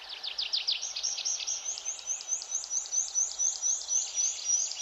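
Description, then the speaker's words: Tree Pipit song: a fast series of sharp, high notes, starting with quick descending notes, then slower repeated notes at a steady pitch. Sings intensively in pine monoculture forest and plantations, also during the day, seemingly more than around 5 a.m.; many birds present. "Natomiast posłuchajcie sobie świergotka drzewnego."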